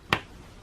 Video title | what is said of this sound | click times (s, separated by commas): Pro Slide Assembly | we take the spring just gonna hear it click in as i push down | 0.1 s